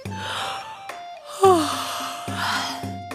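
A man gives a drawn-out yawn while driving a horse carriage, opening with a breathy gasp and sliding down in pitch, heard over a steady bed of background noise with a faint sustained tone.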